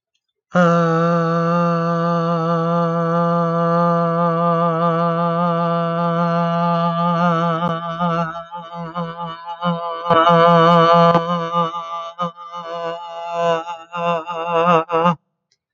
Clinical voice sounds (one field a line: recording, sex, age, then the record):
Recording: vowel held as long as possible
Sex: male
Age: 30 to 39 years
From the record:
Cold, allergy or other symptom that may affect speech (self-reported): no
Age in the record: 31 years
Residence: Illinois, United States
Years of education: 16